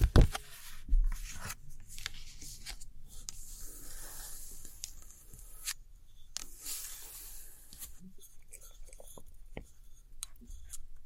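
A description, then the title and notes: Soft scratchy tracing and light tapping on old postcards, with faint dry rustles that come and go through the clip. A sharper tap lands right at the start and another near one second, then the scratching stays quiet and uneven over a low steady hum. Tracing And Gentle Scratchy Tapping On Old Postcards.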